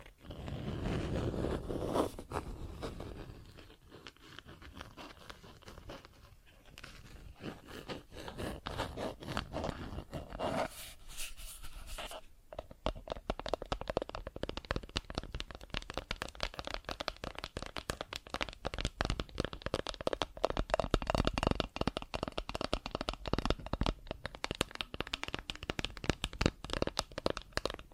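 Plastic objects are tapped and scratched in a busy, uneven stream of small clicks and scrapes. The first twelve seconds are looser, with a rougher low rustle and brief pauses. After that the taps come fast and dense, with sharper bright clicks to the end.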